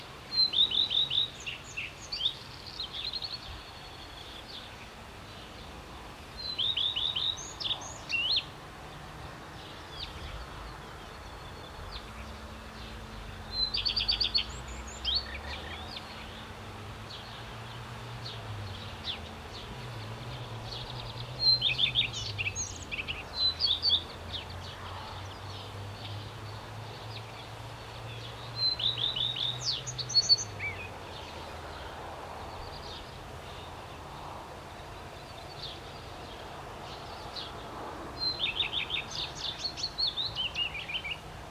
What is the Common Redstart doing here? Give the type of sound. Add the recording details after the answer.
song. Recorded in the wild. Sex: male. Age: adult. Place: Schloß Holte-Stukenbrock, Senne, Nordrhein-Westfalen, DE. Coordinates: 51.8667, 8.66667. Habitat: farm. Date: 1973-05-27. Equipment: Uher 4200 Report Stereo, Bändchenmikro Beyer M 260, Parabolspiegel Polyester (600 mm). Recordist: Conrads, Klaus. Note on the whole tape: Hof Stockhausen (Furlbach-Gebiet). Männchen: Imitationen in folgender Reihenfolge: Ortolan, Fitis, Schwarzspecht, Fitis, Buchfink ("pink"), Ortolan, Schwanzmeise ("zrr"), Schwarzspecht ("kliüh"), Buchfink ("pink") und Ortolan